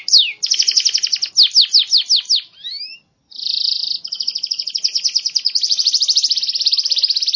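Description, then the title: Canary song: rapid falling whistles, a rising slur, a brief pause, then a long buzzy rolling trill that speeds into fine rapid pulses. Champion singing canary. "Kicau Burung Kenari Juara"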